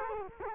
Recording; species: mosquito wingbeat signal from an infrared sensor; Culex quinquefasciatus